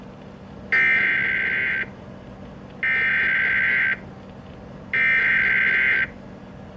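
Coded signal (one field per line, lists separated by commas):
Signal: Emergency Alert System (SAME) tones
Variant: header bursts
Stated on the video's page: EAS tones for a severe thunderstorm warning heard across eleven stations.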